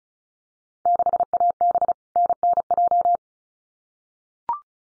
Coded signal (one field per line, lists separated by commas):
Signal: Morse code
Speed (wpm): 36 wpm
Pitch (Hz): 700 Hz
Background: none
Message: 6AB NNJ